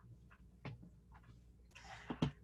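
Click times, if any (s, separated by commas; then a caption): 2.2 s. A metal rivet cap is pressed by hand onto a rivet post that has been pushed through fabric and a strap. Soft handling and rustling sounds lead up to a small click at 2.2 s. The cap has clicked on, but the rivet is not set yet and still needs a hammer, mallet or rivet setter.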